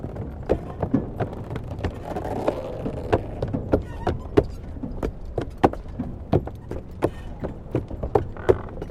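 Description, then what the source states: Horse hooves clopping on hollow wooden boards in an irregular run of sharp knocks, over the rumble of a drawn vehicle. Horse drawing a tram across a wooden bridge.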